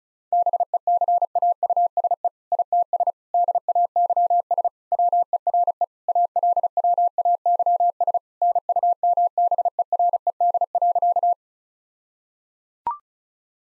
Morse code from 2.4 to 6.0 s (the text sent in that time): ITS DAYS WERE